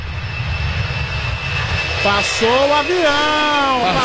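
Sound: airplane passing overhead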